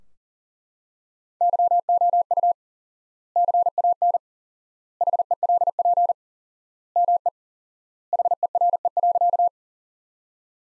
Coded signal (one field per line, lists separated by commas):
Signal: Morse code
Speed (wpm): 40 wpm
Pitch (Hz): 700 Hz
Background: none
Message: YOU CAN HELP ME HERE.